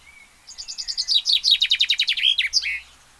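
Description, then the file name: Common chaffinch song, preceded by a faint thin whistle, then a rattling series of falling notes building in strength and closing with a brisk downward flourish. "Fringilla coelebs"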